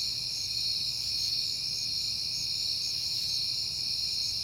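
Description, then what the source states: High, steady cricket trills with a fast pulsing chirp on top, brief and unchanging, over a faint low hum. Recorded on a peaceful night in September.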